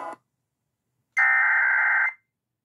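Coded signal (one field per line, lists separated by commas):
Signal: Emergency Alert System (SAME) tones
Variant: header bursts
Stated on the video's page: EAS Required Monthly Tests received from FM broadcast stations on 100.3 and 94.7 MHz, recorded overnight on an XHDATA D-808 world band receiver.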